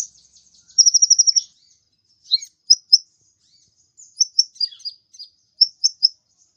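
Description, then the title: Mixed birds: a quick rattling trill of even high notes opens, followed by scattered double chirps and brisk tweets. "Burung Campur4"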